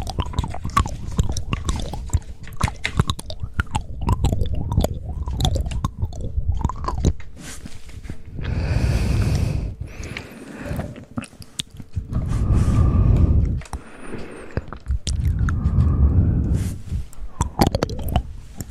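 Wet mouth sounds with rapid clicks and chewing, broken by soft breathy hisses around nine, thirteen and sixteen seconds.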